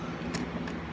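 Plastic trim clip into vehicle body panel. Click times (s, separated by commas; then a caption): 0.4 s, 0.7 s. A plastic trim piece with retaining clips is pressed into the vehicle body panel, starting with the most difficult clip, over a steady low hum. Sharp clicks at 0.3 s and 0.7 s mark the clips snapping into place, and the trim is seated.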